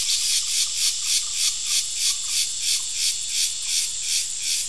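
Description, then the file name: Cricket chirps: short shrill bursts repeated in a regular rhythm over a constant high buzz. Crickets, more than one. "Digiffects Sound Effects Library - Crickets and a Cicada"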